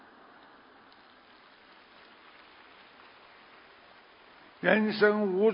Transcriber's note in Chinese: 掌声